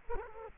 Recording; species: mosquito wingbeat signal from an infrared sensor; Culex quinquefasciatus